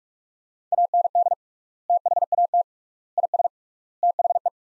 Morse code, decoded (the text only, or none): AND THAT IS THE